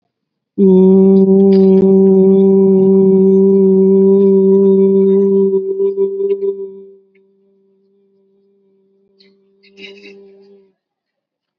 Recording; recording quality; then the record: sustained vowel as in boot; excellent, no background noise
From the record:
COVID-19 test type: RT-PCR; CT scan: not taken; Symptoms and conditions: none ticked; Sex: male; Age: 19 years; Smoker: no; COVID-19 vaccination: both doses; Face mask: worn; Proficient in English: yes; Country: India